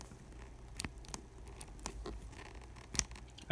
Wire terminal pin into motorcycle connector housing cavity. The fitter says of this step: it all the way through until it clicks so